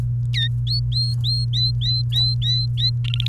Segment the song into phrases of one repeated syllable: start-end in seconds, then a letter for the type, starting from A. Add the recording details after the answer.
0.34-0.48 A, 0.67-2.90 B, 3.04-3.28 C. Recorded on 29 April 2018 at 12:46. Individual llb3